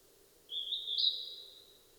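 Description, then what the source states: Northern hawk-cuckoo giving a single drawn-out, high whistled note that rises in a step and trails away, against a quiet low hum. 15 May 2007 at 18:36.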